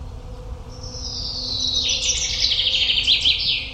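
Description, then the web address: Common chaffinch song: a rapid series of notes falling in pitch. "Deverinetal"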